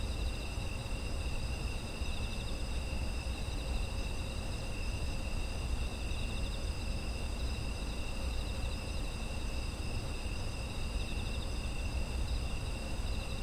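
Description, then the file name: Insects trilling in a steady chorus, several continuous high-pitched tones layered at different pitches without a break, over a constant low rumbling background. Autumn insect ambient sound. "秋の虫の環境音"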